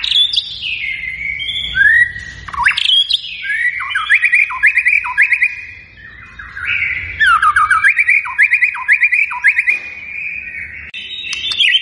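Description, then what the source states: White-rumped shama singing a varied, fast song of slurred whistles, quick rattling trills and down-slurred notes. Energetic, vigorously singing white-rumped shama used as a lure to provoke a response from other birds.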